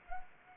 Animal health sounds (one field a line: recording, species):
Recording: mosquito wingbeat signal from an infrared sensor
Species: Anopheles arabiensis